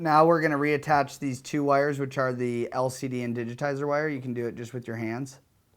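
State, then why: Not seated. Someone talks while the LCD and digitizer flex cable press-fit connectors of an iPhone 4 are handled for reattachment by hand onto the phone's logic board socket. Speech fills the clip, and nothing has seated or clicked in yet.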